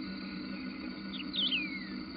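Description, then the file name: Wedge-tailed grass-finch giving a single call, a couple of soft high notes followed by a thin whistle sliding downward, over a constant low hum. Recorded in a nature reserve at Piraju, Brazil. "Emberizoides herbicola -Piraju, Brasil -nature reserve"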